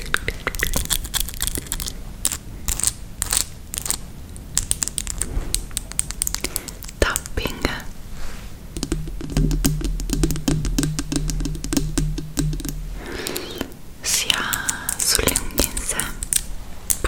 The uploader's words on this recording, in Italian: ASMR con le unghie lunghissime. In questo episodio ho indossato delle unghie finte molto lunghe.